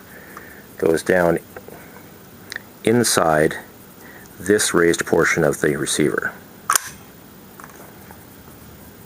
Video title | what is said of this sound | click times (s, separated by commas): Basic Firearms Disassembly #9: Kalashnikov | down latch then snaps into place | 6.7 s, 6.8 s